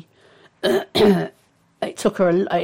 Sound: clears throat